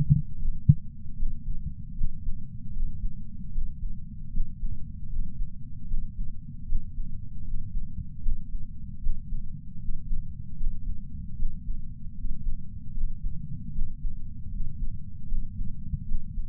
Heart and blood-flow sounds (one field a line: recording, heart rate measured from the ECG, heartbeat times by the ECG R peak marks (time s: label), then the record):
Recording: heart sounds by patch sensor on the chest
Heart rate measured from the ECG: 77 bpm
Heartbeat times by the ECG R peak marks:
0.39 s: heartbeat
1.17 s: heartbeat
1.95 s: heartbeat
2.73 s: heartbeat
3.52 s: heartbeat
4.31 s: heartbeat
5.09 s: heartbeat
5.88 s: heartbeat
6.66 s: heartbeat
7.44 s: heartbeat
8.22 s: heartbeat
9.01 s: heartbeat
9.79 s: heartbeat
10.57 s: heartbeat
11.36 s: heartbeat
12.15 s: heartbeat
12.94 s: heartbeat
13.73 s: heartbeat
14.50 s: heartbeat
15.28 s: heartbeat
16.06 s: heartbeat
From the record:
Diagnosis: coronary artery disease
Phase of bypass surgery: preoperative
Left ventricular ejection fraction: 66.3%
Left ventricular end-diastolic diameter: 44 mm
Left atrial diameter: 34 mm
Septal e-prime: 5.3 cm/s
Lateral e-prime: 9.3 cm/s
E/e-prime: 13.2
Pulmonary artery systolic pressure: 31 mmHg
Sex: male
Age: 76 years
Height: 164 cm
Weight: 75 kg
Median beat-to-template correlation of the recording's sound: 0.83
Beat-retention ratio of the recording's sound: 0.97